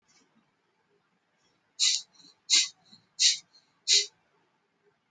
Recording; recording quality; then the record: shallow breathing; excellent, no background noise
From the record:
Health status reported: healthy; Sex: male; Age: 24 years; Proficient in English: yes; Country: India